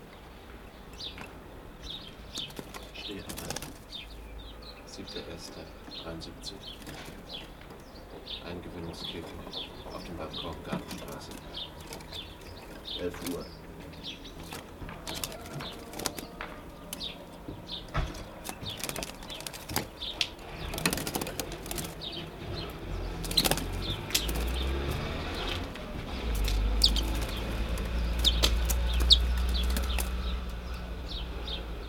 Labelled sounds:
Snow Bunting (Plectrophenax nivalis) call
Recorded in the wild
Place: Bergen, Insel Rügen, Mecklenburg-Vorpommern, DE
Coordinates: 54.415, 13.426
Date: 1973-01-07
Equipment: Nagra III BH, Sennheiser MD 21
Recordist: Schubert, Michael

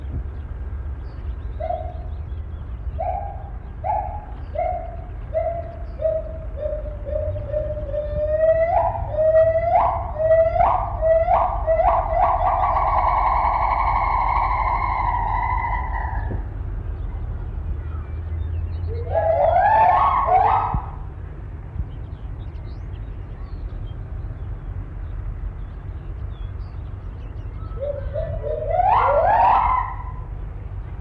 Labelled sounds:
Agile Gibbon (Hylobates agilis)
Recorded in captivity
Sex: pair
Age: adult
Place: Zoopark Erfurt, Thüringen, DE
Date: 1972-05-19
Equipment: Uher 4200 Report Monitor, Tesla Verstärker, Sennheiser Mikrophon
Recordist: Tembrock, Günter
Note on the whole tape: Paar (im Haus), von außen aufgenommen, Rufreihen, Duette, nicht beobachtet

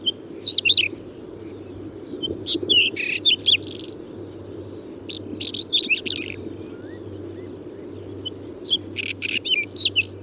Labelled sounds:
Whinchat (Saxicola rubetra) song
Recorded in the wild
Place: Schwerin, Lewitz, Mecklenburg-Vorpommern, DE
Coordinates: 53.636, 11.401
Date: 1984-04-30
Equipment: Nagra III BH, Sennheiser MD 21, parabola
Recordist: Schubert, Michael

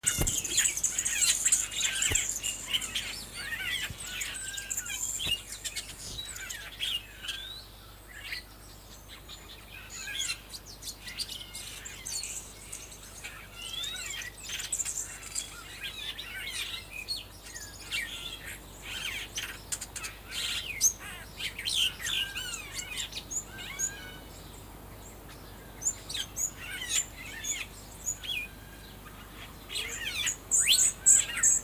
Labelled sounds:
Asian Fairy-bluebird (Irena puella) song
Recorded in captivity
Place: Zoo Berlin, Berlin, DE
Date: 2004-05-24 13:25
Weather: overcast, 13°C
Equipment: Sony WM-D6C, Sennheiser ME 80, Kopie Uher 4000 Report Monitor
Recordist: Tembrock, Günter

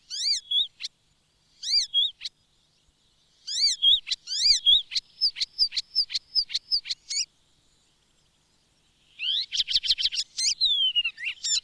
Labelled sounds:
Icterine Warbler (Hippolais icterina) song
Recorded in the wild
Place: Montreux, Kanton Waadt, CH
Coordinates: 46.4586, 6.49
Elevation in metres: 1154
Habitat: mountains
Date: 1986-05-22
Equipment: Uher 4000 Report, Sennheiser MKH 815 T
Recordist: Tretzel, Erwin
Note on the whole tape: Höhe Sonloup, Montreux, Schweiz: Gesang

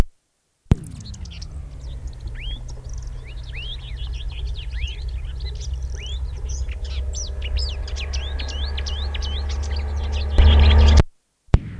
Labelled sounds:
Marsh Warbler (Acrocephalus palustris) song
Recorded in the wild
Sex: male
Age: adult
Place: Wiesenthau, Bayern, DE
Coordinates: 49.7128, 11.1353
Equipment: Maihak, Original, Vollspur
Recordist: Tretzel, Erwin

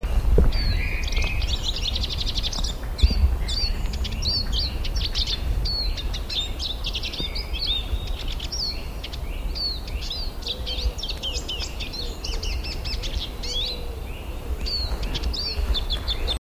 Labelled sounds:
Eurasian Siskin (Spinus spinus) song
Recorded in the wild
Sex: male
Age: adult
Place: Liepnitzsee, Naturpark Barnim, Brandenburg, DE
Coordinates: 52.7433, 13.5169
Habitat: decidouos forest
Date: 2011-03-27
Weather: overcast, 0°C, no wind
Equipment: Sound Devices 702, Sennheiser MKH 70, Rycote Windschutz
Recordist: Frommolt, Karl-Heinz
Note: Altbuchenbestand am Liepnitzsee: Gesang eines Erlenzeisigs

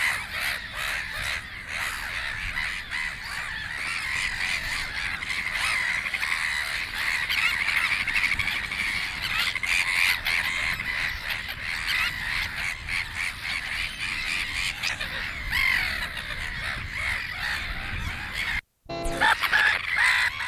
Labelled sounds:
Sandwich Tern (Thalasseus sandvicensis) call
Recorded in the wild
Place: Langenwerder, Mecklenburg-Vorpommern, DE
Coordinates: 54.027, 11.493
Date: 1969-06-07
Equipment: Nagra III BH, 2 Sennheiser MD 421, Kabel
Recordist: Schubert, Michael

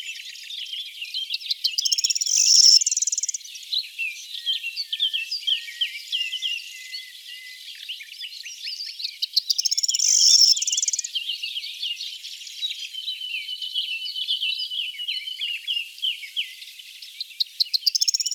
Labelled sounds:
Corn Bunting (Emberiza calandra) song
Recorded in the wild
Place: St. Laurent des Arbres und Umgebung, FR
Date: 2008-05-14
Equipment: MiniDisc Sharp MT 20 H
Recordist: Schwarz, Dieter
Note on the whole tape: Song

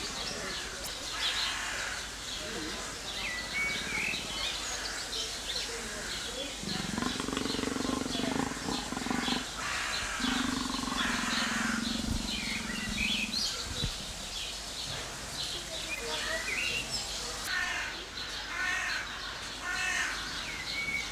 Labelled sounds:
Jaguar (Panthera onca) call
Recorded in captivity
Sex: pair
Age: adult
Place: Zoo Berlin, Berlin, DE
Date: 2004-06-07 15:12
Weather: partly sunny, 25°C
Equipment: Sony WM-D6C, Sennheiser ME 80, Kopie Uher 4000 Report Monitor
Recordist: Tembrock, Günter
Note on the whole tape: Paar: Kontakt - Kopula und Laute dabei. Zuerst Laute vom Weibchen

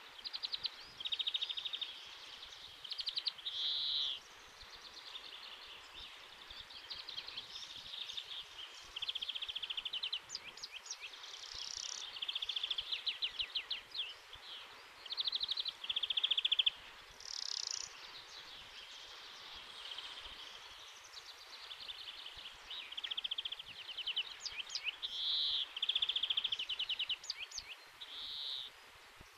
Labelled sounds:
European Greenfinch (Chloris chloris) song
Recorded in the wild
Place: Oberstdorf, Bayern, DE
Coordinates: 47.3767, 10.3006
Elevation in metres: 915
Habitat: mountains
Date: 1977-03-25
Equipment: Nagra IV, Sennheiser MKH 405, Parabolreflektor
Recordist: Tretzel, Erwin

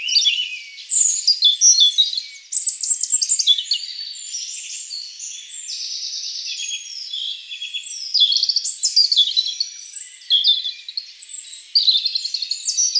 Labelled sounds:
European Robin (Erithacus rubecula) song
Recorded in the wild
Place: Waltershofen / Freiburg im Breisgau, Baden-Württemberg, DE
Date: 1996-06-21
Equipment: Dat-Recorder Casio DA 7, Telinga DAT, Telinga-Parabolspiegel
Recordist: Schwarz, Dieter

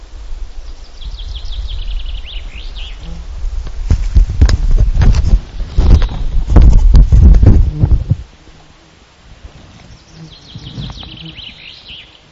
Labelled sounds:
Common Chaffinch (Fringilla coelebs) song
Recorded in the wild
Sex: male
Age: adult
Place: Halbinsel Kindo, Karelien, RU
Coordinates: 66.5392, 33.0892
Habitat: pine stand
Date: 1995-06-21 11:27
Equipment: Sony TCD-D3, Sennheiser MKH 416 T, Popschutz
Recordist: Frommolt, Karl-Heinz

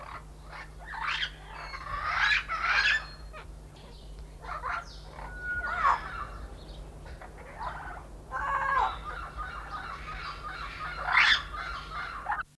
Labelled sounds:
Yellow-tailed Black Cockatoo (Calyptorhynchus funereus) call
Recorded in captivity
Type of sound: call
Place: Zoo Rotterdam, NL
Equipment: Halbspur, 9,5 cm/s
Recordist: Lütgens, Hans
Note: Rufe

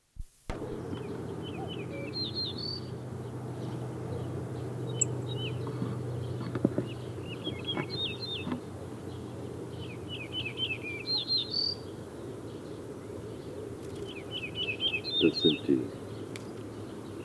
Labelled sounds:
Yellow-breasted Bunting (Emberiza aureola) song
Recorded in the wild
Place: Ulan Bator, MN
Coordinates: 47.886, 106.906
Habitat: Park
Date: 1979-06-05
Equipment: Nagra III BH, Sennheiser MD 21, parabola
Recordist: Schubert, Michael
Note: Gesang Weidenammer (Verkehrslärm! sonst sehr konkret)

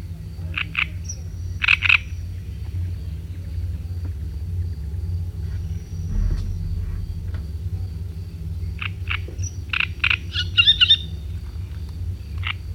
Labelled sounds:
Great Reed Warbler (Acrocephalus arundinaceus) song
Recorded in the wild
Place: Varna, BG
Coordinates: 43.427, 28.162
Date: 1974-06-04
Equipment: Nagra III BH, Sennheiser MD 21, parabola
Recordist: Schubert, Michael
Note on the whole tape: Gesang Drosselrohrsänger, sehr konkret, aber fernes Schiffsmotorengeräusch

